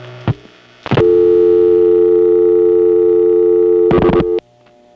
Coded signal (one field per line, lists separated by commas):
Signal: telephone call progress tone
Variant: North America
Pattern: dial tone